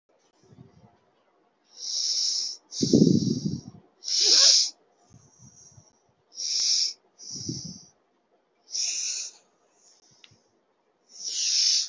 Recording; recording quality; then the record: shallow breathing; excellent, no background noise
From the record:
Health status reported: healthy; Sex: male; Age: 22 years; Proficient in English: yes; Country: India